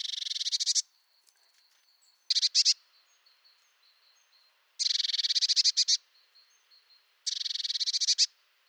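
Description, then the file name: Eurasian blue tit giving four bursts of rapid, buzzy, high trills, each about a second long or less, separated by short pauses with faint thin notes. "Mesange bleue"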